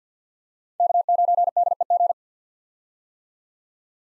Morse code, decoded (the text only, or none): K9DEG